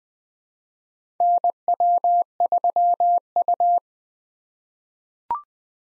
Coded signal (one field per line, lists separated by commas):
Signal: Morse code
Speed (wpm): 20 wpm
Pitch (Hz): 700 Hz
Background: none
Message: NW3U